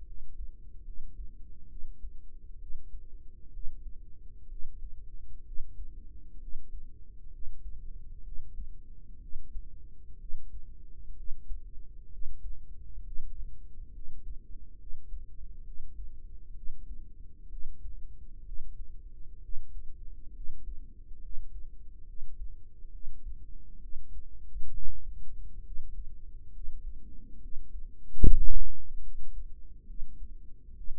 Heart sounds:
heart sounds by microphone in the right ear; 66 bpm
0.03 s: heartbeat
0.83 s: heartbeat
1.67 s: heartbeat
2.57 s: heartbeat
3.50 s: heartbeat
4.47 s: heartbeat
5.42 s: heartbeat
6.37 s: heartbeat
7.29 s: heartbeat
8.21 s: heartbeat
9.18 s: heartbeat
10.17 s: heartbeat
11.13 s: heartbeat
12.08 s: heartbeat
13.02 s: heartbeat
13.90 s: heartbeat
14.76 s: heartbeat
15.62 s: heartbeat
16.52 s: heartbeat
17.47 s: heartbeat
18.42 s: heartbeat
19.39 s: heartbeat
20.31 s: heartbeat
21.19 s: heartbeat
22.04 s: heartbeat
22.89 s: heartbeat
23.78 s: heartbeat
24.70 s: heartbeat
25.62 s: heartbeat
26.51 s: heartbeat
27.38 s: heartbeat
28.20 s: heartbeat
29.01 s: heartbeat
29.85 s: heartbeat
30.73 s: heartbeat
From the record:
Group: healthy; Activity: rest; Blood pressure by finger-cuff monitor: 123/62 mmHg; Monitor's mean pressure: 78 mmHg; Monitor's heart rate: 67 bpm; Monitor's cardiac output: 5.8 L/min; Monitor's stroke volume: 86 mL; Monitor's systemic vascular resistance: 980 dyn s/cm5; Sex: female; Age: 32 years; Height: 168 cm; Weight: 61.9 kg

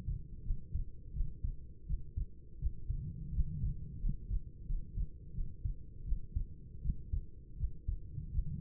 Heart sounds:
heart sounds by stethoscope; 84 bpm
0.42 s: heartbeat
1.12 s: heartbeat
1.85 s: heartbeat
2.58 s: heartbeat
3.31 s: heartbeat
3.99 s: heartbeat
4.65 s: heartbeat
5.32 s: heartbeat
6.04 s: heartbeat
6.81 s: heartbeat
7.56 s: heartbeat
8.30 s: heartbeat
From the record:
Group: healthy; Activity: rest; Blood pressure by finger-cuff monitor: 104/57 mmHg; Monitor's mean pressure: 72 mmHg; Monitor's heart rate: 85 bpm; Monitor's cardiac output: 7.5 L/min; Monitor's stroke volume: 86 mL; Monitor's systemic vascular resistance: 690 dyn s/cm5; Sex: female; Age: 26 years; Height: 165 cm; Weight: 55 kg

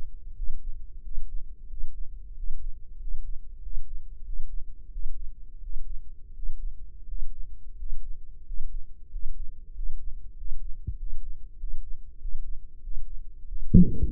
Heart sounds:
heart sounds by microphone in the right ear; 91 bpm
0.33 s: heartbeat
1.00 s: heartbeat
1.66 s: heartbeat
2.33 s: heartbeat
2.97 s: heartbeat
3.60 s: heartbeat
4.22 s: heartbeat
4.89 s: heartbeat
5.59 s: heartbeat
6.32 s: heartbeat
7.05 s: heartbeat
7.75 s: heartbeat
8.43 s: heartbeat
9.09 s: heartbeat
9.72 s: heartbeat
10.34 s: heartbeat
10.96 s: heartbeat
11.57 s: heartbeat
12.18 s: heartbeat
12.80 s: heartbeat
13.45 s: heartbeat
From the record:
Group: healthy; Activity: breath hold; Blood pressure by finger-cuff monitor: 112/64 mmHg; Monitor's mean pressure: 74 mmHg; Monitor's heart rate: 91 bpm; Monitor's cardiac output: 7.5 L/min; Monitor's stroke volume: 82 mL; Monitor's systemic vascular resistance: 700 dyn s/cm5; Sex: male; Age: 23 years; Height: 179 cm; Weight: 87 kg

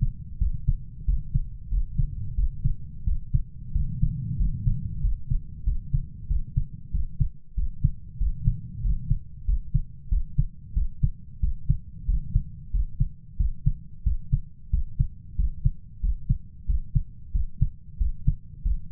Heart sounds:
heart sounds by stethoscope; 92 bpm
0.41 s: heartbeat
1.08 s: heartbeat
1.72 s: heartbeat
2.38 s: heartbeat
3.07 s: heartbeat
3.75 s: heartbeat
4.40 s: heartbeat
5.03 s: heartbeat
5.66 s: heartbeat
6.30 s: heartbeat
6.94 s: heartbeat
7.57 s: heartbeat
8.21 s: heartbeat
8.84 s: heartbeat
9.48 s: heartbeat
10.11 s: heartbeat
10.76 s: heartbeat
11.43 s: heartbeat
12.08 s: heartbeat
12.74 s: heartbeat
13.39 s: heartbeat
14.06 s: heartbeat
14.73 s: heartbeat
15.39 s: heartbeat
16.03 s: heartbeat
16.69 s: heartbeat
17.34 s: heartbeat
18.00 s: heartbeat
18.65 s: heartbeat
From the record:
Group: healthy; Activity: rest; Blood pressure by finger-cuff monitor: 141/75 mmHg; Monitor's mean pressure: 92 mmHg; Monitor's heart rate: 92 bpm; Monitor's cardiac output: 7.9 L/min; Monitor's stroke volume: 85 mL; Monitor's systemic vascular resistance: 860 dyn s/cm5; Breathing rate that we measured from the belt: 17 breaths a minute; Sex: male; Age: 21 years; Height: 175 cm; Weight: 72.6 kg

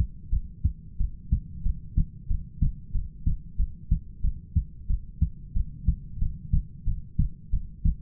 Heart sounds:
heart sounds by stethoscope; 92 bpm
0.31 s: heartbeat
0.99 s: heartbeat
1.64 s: heartbeat
2.29 s: heartbeat
2.93 s: heartbeat
3.58 s: heartbeat
4.23 s: heartbeat
4.88 s: heartbeat
5.55 s: heartbeat
6.20 s: heartbeat
6.86 s: heartbeat
7.52 s: heartbeat
From the record:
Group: heart failure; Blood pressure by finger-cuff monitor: 105/68 mmHg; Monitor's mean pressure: 80 mmHg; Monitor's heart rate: 91 bpm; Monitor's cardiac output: 7.7 L/min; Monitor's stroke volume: 84 mL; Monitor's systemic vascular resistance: 760 dyn s/cm5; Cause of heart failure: ischemic heart disease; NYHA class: 1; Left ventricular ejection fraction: 38%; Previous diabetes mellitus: present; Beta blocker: bisoprolol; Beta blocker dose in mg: 15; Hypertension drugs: sacubitril-valsartan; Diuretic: furosemide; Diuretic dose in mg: 20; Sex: male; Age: 33 years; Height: 172 cm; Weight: 78.5 kg

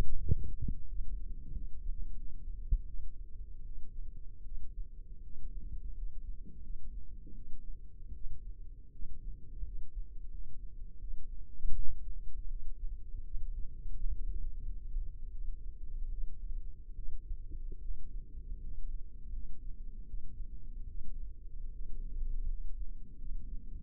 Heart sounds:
heart sounds by microphone in the left ear; 81 bpm
0.19 s: heartbeat
0.87 s: heartbeat
1.52 s: heartbeat
2.16 s: heartbeat
2.86 s: heartbeat
3.65 s: heartbeat
4.44 s: heartbeat
5.22 s: heartbeat
5.94 s: heartbeat
6.62 s: heartbeat
7.34 s: heartbeat
8.13 s: heartbeat
8.91 s: heartbeat
9.64 s: heartbeat
10.30 s: heartbeat
10.99 s: heartbeat
11.74 s: heartbeat
12.48 s: heartbeat
13.23 s: heartbeat
13.95 s: heartbeat
14.61 s: heartbeat
15.30 s: heartbeat
16.10 s: heartbeat
16.94 s: heartbeat
17.80 s: heartbeat
18.60 s: heartbeat
19.31 s: heartbeat
20.05 s: heartbeat
20.86 s: heartbeat
21.71 s: heartbeat
22.46 s: heartbeat
23.17 s: heartbeat
From the record:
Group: healthy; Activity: rest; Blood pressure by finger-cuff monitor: 104/53 mmHg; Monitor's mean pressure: 70 mmHg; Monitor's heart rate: 80 bpm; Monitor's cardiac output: 7.8 L/min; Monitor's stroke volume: 97 mL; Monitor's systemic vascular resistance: 640 dyn s/cm5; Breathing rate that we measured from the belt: 15 breaths a minute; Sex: female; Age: 22 years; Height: 160 cm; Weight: 63 kg

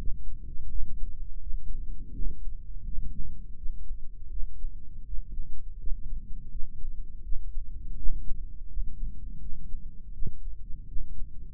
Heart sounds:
heart sounds by microphone in the right ear; 83 bpm
0.69 s: heartbeat
1.40 s: heartbeat
2.13 s: heartbeat
2.85 s: heartbeat
3.56 s: heartbeat
4.30 s: heartbeat
5.05 s: heartbeat
5.78 s: heartbeat
6.50 s: heartbeat
7.23 s: heartbeat
7.97 s: heartbeat
8.69 s: heartbeat
9.39 s: heartbeat
10.13 s: heartbeat
10.87 s: heartbeat
From the record:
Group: healthy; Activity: rest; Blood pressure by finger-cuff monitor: 163/84 mmHg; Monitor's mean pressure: 102 mmHg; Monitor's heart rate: 82 bpm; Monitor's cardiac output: 8.3 L/min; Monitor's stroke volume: 101 mL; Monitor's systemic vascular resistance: 900 dyn s/cm5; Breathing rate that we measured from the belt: 20 breaths a minute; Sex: male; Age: 57 years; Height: 188 cm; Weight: 106 kg

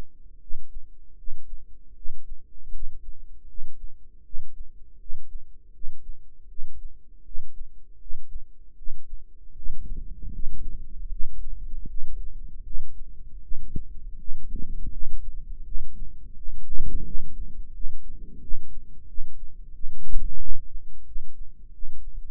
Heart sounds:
heart sounds by microphone in the right ear; 82 bpm
0.38 s: heartbeat
1.15 s: heartbeat
1.93 s: heartbeat
2.70 s: heartbeat
3.45 s: heartbeat
4.22 s: heartbeat
4.97 s: heartbeat
5.71 s: heartbeat
6.46 s: heartbeat
7.22 s: heartbeat
7.97 s: heartbeat
8.74 s: heartbeat
9.53 s: heartbeat
10.29 s: heartbeat
11.08 s: heartbeat
11.85 s: heartbeat
12.62 s: heartbeat
13.40 s: heartbeat
14.16 s: heartbeat
14.90 s: heartbeat
15.63 s: heartbeat
16.34 s: heartbeat
17.03 s: heartbeat
17.72 s: heartbeat
18.39 s: heartbeat
19.06 s: heartbeat
19.72 s: heartbeat
20.37 s: heartbeat
21.04 s: heartbeat
21.71 s: heartbeat
From the record:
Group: healthy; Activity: cold pressor test 0-9 s, rest 9-22 s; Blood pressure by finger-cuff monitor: 112/62 mmHg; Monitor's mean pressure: 76 mmHg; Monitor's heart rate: 80 bpm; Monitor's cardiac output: 7.8 L/min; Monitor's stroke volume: 100 mL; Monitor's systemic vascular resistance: 720 dyn s/cm5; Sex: male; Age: 35 years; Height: 180 cm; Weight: 86.9 kg

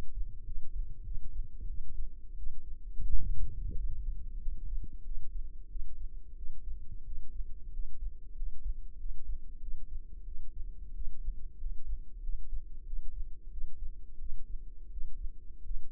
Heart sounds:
heart sounds by microphone in the left ear; 91 bpm
0.43 s: heartbeat
1.03 s: heartbeat
1.66 s: heartbeat
2.35 s: heartbeat
3.06 s: heartbeat
3.75 s: heartbeat
4.39 s: heartbeat
5.02 s: heartbeat
5.67 s: heartbeat
6.34 s: heartbeat
7.03 s: heartbeat
7.70 s: heartbeat
8.33 s: heartbeat
8.96 s: heartbeat
9.59 s: heartbeat
10.24 s: heartbeat
10.92 s: heartbeat
11.57 s: heartbeat
12.20 s: heartbeat
12.84 s: heartbeat
13.49 s: heartbeat
14.17 s: heartbeat
14.89 s: heartbeat
15.62 s: heartbeat
From the record:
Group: healthy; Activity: cold pressor test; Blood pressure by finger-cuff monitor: 134/95 mmHg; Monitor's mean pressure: 108 mmHg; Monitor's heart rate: 93 bpm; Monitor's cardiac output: 6.5 L/min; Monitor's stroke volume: 70 mL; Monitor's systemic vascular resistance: 1220 dyn s/cm5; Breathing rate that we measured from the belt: 15 breaths a minute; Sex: male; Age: 21 years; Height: 180 cm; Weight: 67.5 kg

